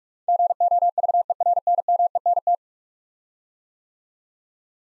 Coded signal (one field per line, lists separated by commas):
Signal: Morse code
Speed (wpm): 44 wpm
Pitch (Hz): 700 Hz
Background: none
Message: GOVERNMENT